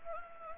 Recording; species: mosquito wingbeat signal from an infrared sensor; Anopheles gambiae